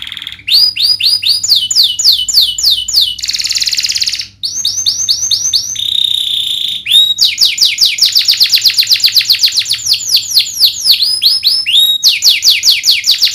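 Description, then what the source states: Domestic canary delivering repeated rising notes in rapid series, interrupted by buzzy rattles and a steady tone, then long fast bright trills. Canary singing gacor, with cengkok phrasing and isian song fills; kicaumania songbird hobby.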